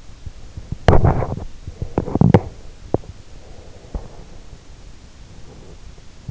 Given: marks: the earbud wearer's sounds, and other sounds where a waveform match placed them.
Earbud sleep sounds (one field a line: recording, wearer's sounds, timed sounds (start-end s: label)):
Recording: sounds in sleep by an in-ear microphone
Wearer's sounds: teeth grinding, breath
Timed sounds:
0.76-3.18 s: teeth grinding
3.35-5.89 s: breath